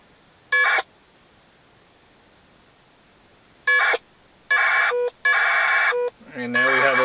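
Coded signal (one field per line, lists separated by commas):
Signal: packet radio (AX.25, as in APRS)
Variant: 1200 baud AFSK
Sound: four short harsh data bursts with brief pauses, then a rougher buzzy stretch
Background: handheld radio squelch noise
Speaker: i'm going to go ahead and hit start here and those two radios should start communicating with each other and there we have a link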